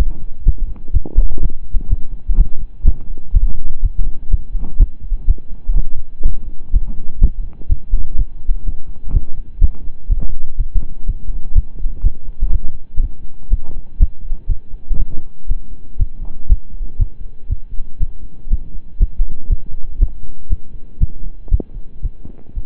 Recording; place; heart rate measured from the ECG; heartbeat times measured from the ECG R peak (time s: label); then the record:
heart sounds by stethoscope; between the tricuspid and mitral areas; 122 bpm
0.44 s: heartbeat
0.92 s: heartbeat
1.40 s: heartbeat
1.88 s: heartbeat
2.36 s: heartbeat
2.83 s: heartbeat
3.32 s: heartbeat
3.80 s: heartbeat
4.29 s: heartbeat
4.77 s: heartbeat
5.25 s: heartbeat
5.74 s: heartbeat
6.22 s: heartbeat
6.71 s: heartbeat
7.19 s: heartbeat
7.67 s: heartbeat
8.16 s: heartbeat
8.64 s: heartbeat
9.12 s: heartbeat
9.59 s: heartbeat
10.07 s: heartbeat
10.56 s: heartbeat
11.05 s: heartbeat
11.53 s: heartbeat
12.01 s: heartbeat
12.50 s: heartbeat
12.99 s: heartbeat
13.49 s: heartbeat
13.98 s: heartbeat
14.47 s: heartbeat
14.96 s: heartbeat
15.47 s: heartbeat
15.97 s: heartbeat
16.47 s: heartbeat
16.97 s: heartbeat
17.47 s: heartbeat
17.98 s: heartbeat
18.48 s: heartbeat
18.98 s: heartbeat
19.48 s: heartbeat
19.98 s: heartbeat
20.48 s: heartbeat
20.99 s: heartbeat
21.50 s: heartbeat
22.01 s: heartbeat
22.54 s: heartbeat
From the record:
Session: slow and fast walking with breaks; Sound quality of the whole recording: saturated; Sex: male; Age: 25 years